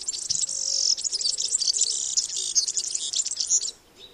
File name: Mathias Ritschard - Evropejskij vyurok Serinus serinus